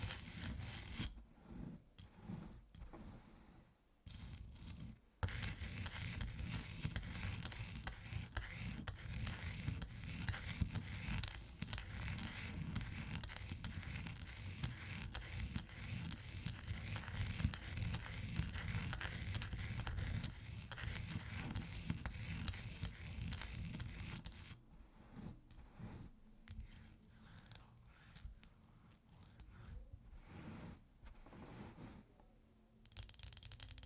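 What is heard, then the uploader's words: Ice being tapped and scratched, with dense, busy scraping that runs steadily from about five seconds to around twenty-four. Before and after, the sound breaks into sparser taps and short scratches separated by brief pauses. A low rumble sits underneath throughout. ASMR Ice Tapping & Scratching (No Talking).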